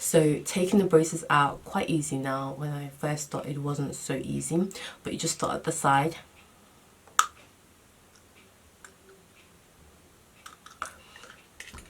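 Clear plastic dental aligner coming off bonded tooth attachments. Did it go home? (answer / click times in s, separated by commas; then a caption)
released / 7.2 s, 10.8 s. Someone talks, then a clear plastic Invisalign aligner is pulled off the teeth, starting at the side. It unclips from the adhesive attachments bonded to the natural teeth, with a sharp snap at 7.2 s and another at 10.8 s, among faint smaller clicks. The aligner comes free of the attachments.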